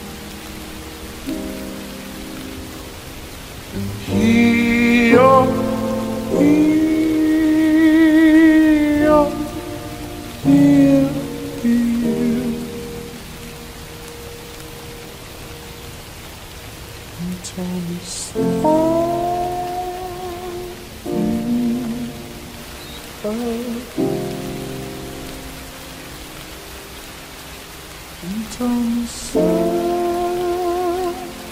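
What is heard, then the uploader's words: Slow, sustained musical chords swell and fade in phrases over a steady, soft rain hiss. The notes sit mostly in a low-to-middle range, with quieter gaps between phrases, and a couple of brief bright ticks near the 18 and 30 second marks. Dark academia atmosphere plus rain.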